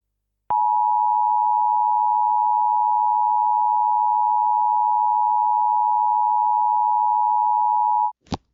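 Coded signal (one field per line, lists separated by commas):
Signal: Emergency Alert System (SAME) tones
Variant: 853 and 960 Hz attention tone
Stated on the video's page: Required weekly test and relay on KDKA.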